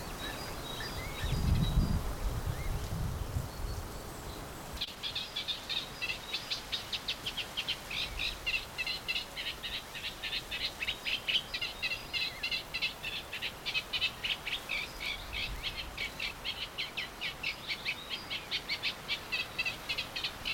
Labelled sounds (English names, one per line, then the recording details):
Eurasian Reed Warbler
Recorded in the wild
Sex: male
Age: adult
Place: Mühlenbeck, Brandenburg, DE
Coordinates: 52.667, 13.37
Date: 1992-06-08 10:52
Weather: sonnig (heiter) 21-22°C, böiger Wind
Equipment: Nagra SN, Mikrofon AKG CK 8, Kopie Tesla B 116
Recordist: Tembrock, Günter
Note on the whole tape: Mühlenbecker See; Gesang, ca. 2 min